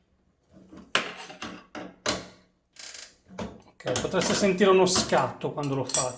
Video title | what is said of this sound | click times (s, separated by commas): Porta lavastoviglie non si chiude | housing we could hear a click | 1.0 s